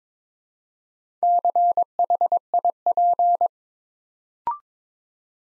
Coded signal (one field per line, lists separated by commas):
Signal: Morse code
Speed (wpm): 23 wpm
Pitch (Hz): 700 Hz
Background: none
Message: CHIP